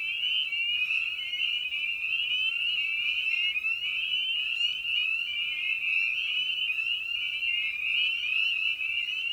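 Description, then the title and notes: Spring peepers in full chorus, shrill rising peeps from many frogs merging into a constant high-pitched drone. Evening at a frog pond. "Episode 5: Night of the Peepers. Spring Peeper (Pseudacris crucifer). Ian Carlsen"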